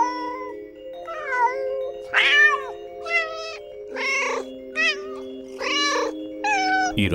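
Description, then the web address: Cat meowing in a quick series of short, wavering meows roughly every second, some rising then dipping, with a steady low droning tone underneath. "Iransample cat"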